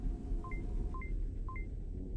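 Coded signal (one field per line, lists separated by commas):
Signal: none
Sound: movie lab device beeps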